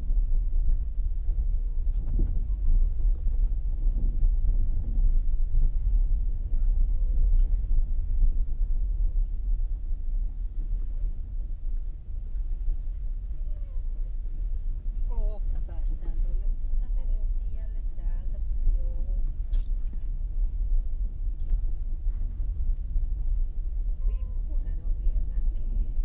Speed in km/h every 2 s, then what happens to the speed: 15, 16, 14, 13, 9, 7, 8, 9, 11, 12, 13, 12, 12.
0-9 slows to 7. 9-26 steady at about 11.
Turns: none.